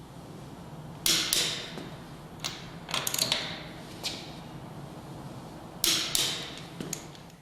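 A click-type torque wrench tightens lug nuts on a wheel, with pressure applied to the end of the wrench until it clicks at its setting and then stopped immediately. Sharp metallic clicks ring out at about 1.1 and 5.9 seconds, each followed by a softer tick. Lighter ratchet-like ticks come in between, over a low steady hum.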